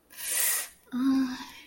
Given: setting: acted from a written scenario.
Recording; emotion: vocal sound without words; ecstasy